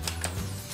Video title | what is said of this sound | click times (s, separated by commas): How to Attach Car Seat to J is for Jeep Sport Utility Stroller/Jogger | You'll hear it snap. | 0.1 s, 0.2 s